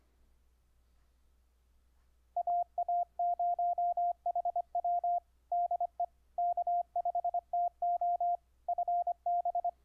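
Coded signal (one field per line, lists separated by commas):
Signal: Morse code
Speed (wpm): 25 wpm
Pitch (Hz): 700 Hz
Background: radio noise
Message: AA0HW DE K5TO FB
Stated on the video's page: Morse audio tones sent over the internet through a software keyer on Ubuntu, keyed with iambic paddle, straight key, or bug emulation via clip leads.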